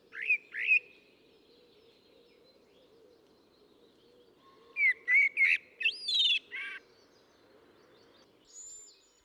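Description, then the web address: Common blackbird song: two short whistled notes, a pause, then a fuller warbled phrase rising into a squeaky flourish, and a faint thin high note near the end. "assistens Solsort"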